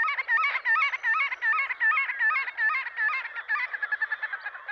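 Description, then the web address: Marbled godwit calls: a fast, steady series of nasal, wavering notes, repeated about two or three times per second throughout. Western North America. "Dan Gibson Wildlife Identification By Sound, Western North America. Marbled Godwit"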